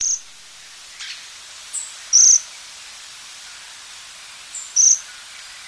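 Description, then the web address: Bird giving thin, very high, short call notes, a few spaced two to three seconds apart, with fainter notes between, over a steady background hiss. Higashiosaka, Japan. "higashiosaka bird koe"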